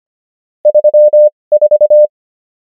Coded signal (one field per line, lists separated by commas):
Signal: Morse code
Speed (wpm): 25 wpm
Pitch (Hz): 600 Hz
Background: none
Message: 34